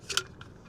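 The flip top on the screw-on lid of an Owala metal water bottle is pressed closed, giving a short, sharp snap at 0.2 s as it seats shut. A fainter tick follows at 0.4 s, then the clip goes quiet.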